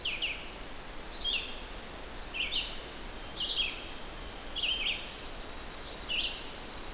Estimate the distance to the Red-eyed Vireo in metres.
about 15 m